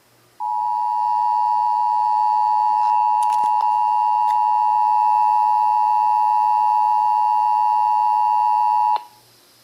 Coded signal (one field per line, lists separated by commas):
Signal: Emergency Alert System (SAME) tones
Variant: 853 and 960 Hz attention tone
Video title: (EAS #1,072-1,078) June 2026 Texas Required Monthly Test